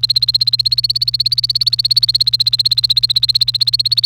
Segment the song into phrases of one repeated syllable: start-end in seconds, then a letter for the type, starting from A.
0.00-4.05 A